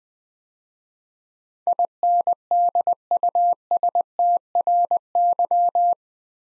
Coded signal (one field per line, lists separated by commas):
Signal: Morse code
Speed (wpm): 20 wpm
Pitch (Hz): 700 Hz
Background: none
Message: INDUSTRY